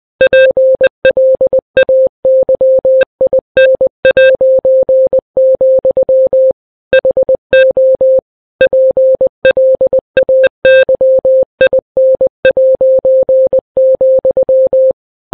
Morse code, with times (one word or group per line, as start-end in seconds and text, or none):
0.2-6.5 PLAYIN',
6.9-8.2 HO
8.6-14.9 PLAYIN',